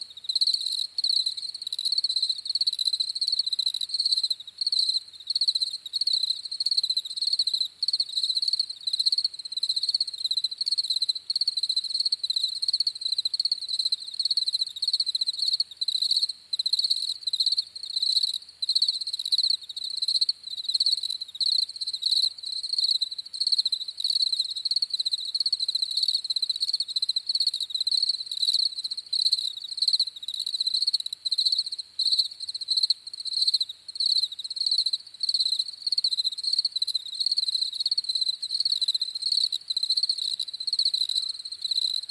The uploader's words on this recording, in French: Ambiance champêtre à la campagne avec quelques grillons (bruit blanc). Le bruit des grillons.